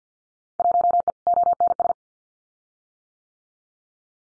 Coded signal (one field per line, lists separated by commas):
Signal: Morse code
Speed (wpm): 50 wpm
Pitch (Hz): 700 Hz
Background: none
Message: 1E ONS